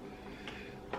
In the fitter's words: Attends, j'ai mal enclenché.